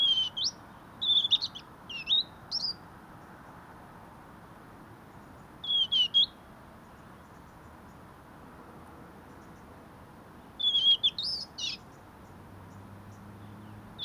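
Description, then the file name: European robin giving clusters of high, thin, wavering notes with upward flicks, groups spaced a few seconds apart. "Erithacus rubecula"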